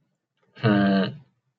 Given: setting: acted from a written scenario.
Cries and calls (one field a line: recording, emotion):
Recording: vocal sound without words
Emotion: adoration